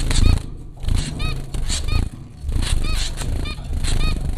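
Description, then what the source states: Zebra finch calls, loud nasal honking notes repeated in quick succession, with a low thump at the start. Four zebra finches at Popcorn School, Flatbush, Brooklyn, New York, April 15, 2009.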